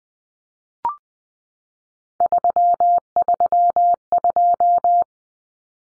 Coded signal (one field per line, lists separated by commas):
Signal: Morse code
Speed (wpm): 20 wpm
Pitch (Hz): 700 Hz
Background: none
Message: 332